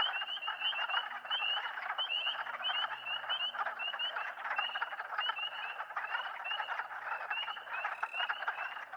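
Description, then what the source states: Spring peeper chorus of shrill, upslurred peeps repeating rapidly and overlapping throughout. More than one spring peeper calling, in spring.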